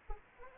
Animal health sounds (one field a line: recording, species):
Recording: mosquito wingbeat signal from an infrared sensor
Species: Anopheles arabiensis